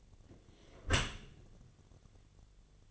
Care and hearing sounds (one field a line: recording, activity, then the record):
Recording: daily activity, microphone in the room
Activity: close dishwasher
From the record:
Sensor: 4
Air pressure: 1007.5 hPa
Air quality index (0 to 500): 199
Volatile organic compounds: 7 ppm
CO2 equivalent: 1989 ppm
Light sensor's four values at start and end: 22/70/27/26 and 22/71/27/26